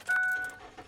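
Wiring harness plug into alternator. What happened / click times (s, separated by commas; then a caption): Handled, not yet home: the plug has not clicked in / none. A mechanic pushes the electrical wiring harness plug onto the replaced alternator of an F150. A steady, pitched tone with clear overtones sounds from about 0.1 to 0.6 s and then fades under quiet handling noise. Nothing has seated or clicked yet.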